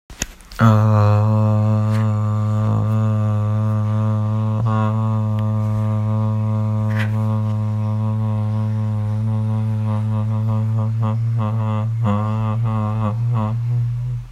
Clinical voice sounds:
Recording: sustained vowel /a/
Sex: male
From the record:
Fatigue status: no fatigue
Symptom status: asymptomatic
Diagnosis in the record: COVID-19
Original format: m4a

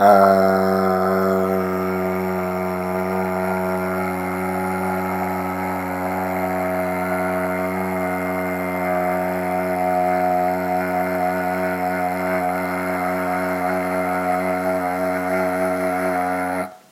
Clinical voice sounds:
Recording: sustained vowel /a/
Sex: male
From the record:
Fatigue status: fatigue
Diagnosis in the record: COVID-19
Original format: m4a

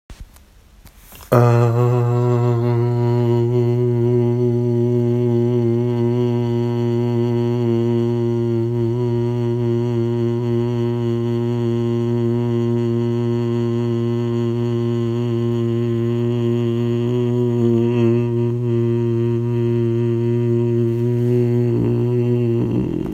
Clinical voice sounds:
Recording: sustained vowel /a/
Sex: male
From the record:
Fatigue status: fatigue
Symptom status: symptomatic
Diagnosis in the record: COVID-19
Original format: m4a

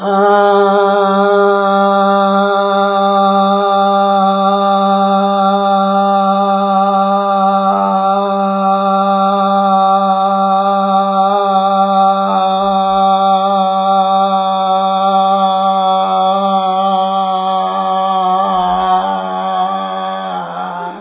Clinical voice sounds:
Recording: sustained vowel /a/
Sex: male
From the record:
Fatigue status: fatigue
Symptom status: symptomatic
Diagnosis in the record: COVID-19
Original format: 3gp

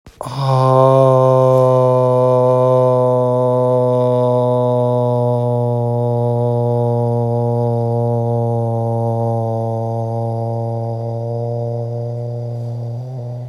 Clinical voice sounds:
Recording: sustained vowel /a/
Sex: male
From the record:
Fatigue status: fatigue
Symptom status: symptomatic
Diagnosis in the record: COVID-19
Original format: m4a

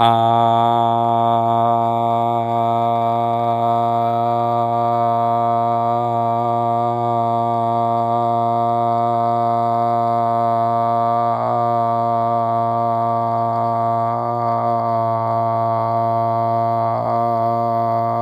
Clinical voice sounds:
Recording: sustained vowel /a/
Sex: male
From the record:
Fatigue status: no fatigue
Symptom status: symptomatic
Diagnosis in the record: COVID-19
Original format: m4a

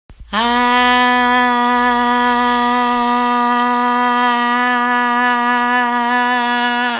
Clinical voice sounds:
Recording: sustained vowel /a/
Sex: female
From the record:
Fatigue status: no fatigue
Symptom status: symptomatic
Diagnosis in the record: COVID-19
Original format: m4a

